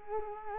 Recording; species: mosquito wingbeat signal from an infrared sensor; Culex quinquefasciatus